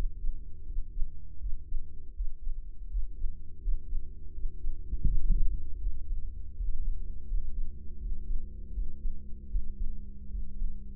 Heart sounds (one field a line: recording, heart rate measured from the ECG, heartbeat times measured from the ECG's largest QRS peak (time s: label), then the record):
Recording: heart sounds by microphone in the right ear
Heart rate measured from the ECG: 81 bpm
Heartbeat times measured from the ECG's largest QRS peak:
0.64 s: heartbeat
1.38 s: heartbeat
2.13 s: heartbeat
2.88 s: heartbeat
3.59 s: heartbeat
4.31 s: heartbeat
5.04 s: heartbeat
5.78 s: heartbeat
6.54 s: heartbeat
7.25 s: heartbeat
7.97 s: heartbeat
8.71 s: heartbeat
9.48 s: heartbeat
10.28 s: heartbeat
From the record:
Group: healthy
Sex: male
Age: 21 years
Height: 180 cm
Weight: 67.5 kg